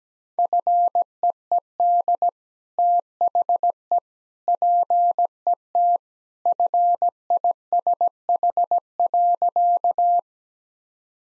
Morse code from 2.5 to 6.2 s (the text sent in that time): THE PET